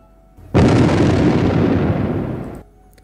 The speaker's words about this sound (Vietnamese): Ngay khi tiếng nói của Huyền Diệu vừa dứt, một thanh âm nổ mạnh kinh thiên vang lên.